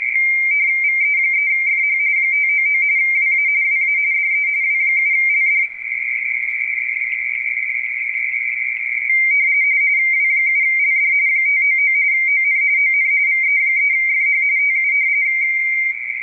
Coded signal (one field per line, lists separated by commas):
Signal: RTTY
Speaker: What you were just watching was a series of exchanges where this particular station W7LD W7 Lima Delta is running a frequency on a radio teletype contest.